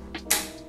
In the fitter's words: di slide ya seperti ini Nah nanti bakal ada bunyi klek seperti itu ya Nah